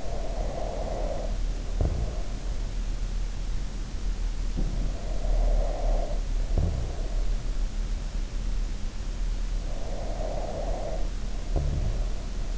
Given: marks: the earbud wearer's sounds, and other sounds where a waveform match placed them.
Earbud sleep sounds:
sounds in sleep by an in-ear microphone; snoring breath
0.00-2.62 s: snoring breath
4.82-7.59 s: snoring breath
9.99-12.58 s: snoring breath

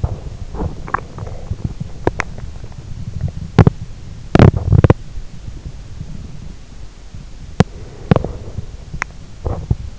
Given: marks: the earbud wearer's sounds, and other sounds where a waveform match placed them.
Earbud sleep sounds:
sounds in sleep by an in-ear microphone; teeth grinding
0.00-3.27 s: teeth grinding
3.34-3.73 s: teeth grinding
4.31-4.93 s: teeth grinding
5.22-7.27 s: sound from someone else or the room
7.50-8.21 s: teeth grinding
8.80-9.19 s: teeth grinding
9.38-9.90 s: teeth grinding

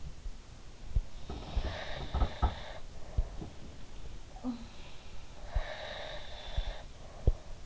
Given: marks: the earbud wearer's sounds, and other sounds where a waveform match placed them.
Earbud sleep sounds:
sounds in sleep by an in-ear microphone; breath
0.00-4.95 s: sound from someone else or the room
1.05-2.93 s: breath
5.59-7.42 s: breath

